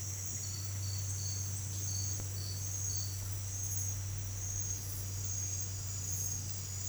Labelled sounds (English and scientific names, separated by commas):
none